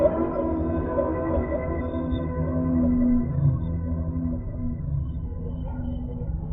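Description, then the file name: Whale moans, long drawn low tones with stacked harmonics, a clear sustained note near the middle, then fading moans. "sad whales"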